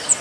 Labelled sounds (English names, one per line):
Cape May Warbler flight call